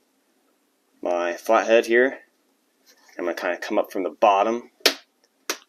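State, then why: Partly seated. A flathead screwdriver is angled up from below against the bottom tab of a plastic retaining clip in the fender liner of a 2022–2023 Honda Civic while someone talks. A sharp snap at 4.9 s shows the bottom tab has popped free, with a second short click at 5.5 s. The top tab still has to be released.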